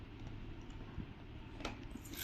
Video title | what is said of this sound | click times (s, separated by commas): PHILIPS Handheld Steamer 1500W ఇంత easy గా చెయ్యొచ్చు -Unboxing-PinkyTeluguChannel | పెట్టి ఇట్లా లెఫ్ట్ కి తిప్పితే ఇది లాక్ అయినట్టు ఇక్కడ కూడా చూపిస్తుంది సింబల్ | 1.7 s